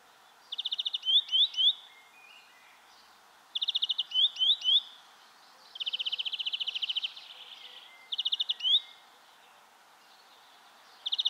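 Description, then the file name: European greenfinch song: fast buzzy trills alternating with rising twittered notes, phrases repeated every two to three seconds over a soft noisy background. "Chloris chloris"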